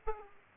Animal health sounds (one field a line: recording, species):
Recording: mosquito wingbeat signal from an infrared sensor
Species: Aedes aegypti